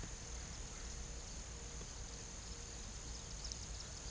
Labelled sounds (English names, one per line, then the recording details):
none
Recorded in pastures near Puerto Asís, Putumayo, Colombia, on 21 December 2024 at 15:30
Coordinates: 0.486, -76.323
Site GP01